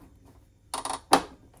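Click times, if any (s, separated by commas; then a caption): 1.1 s. A torque screwdriver set to 18 inch-pounds is turned again on a wiring terminal screw of an EG4 6000XP inverter, making two short scraping ticks at about 0.7 and 0.9 seconds. It then gives a sharp, louder click at 1.1 seconds as it reaches the setting, confirming the screw is properly torqued.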